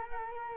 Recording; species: mosquito wingbeat signal from an infrared sensor; Culex quinquefasciatus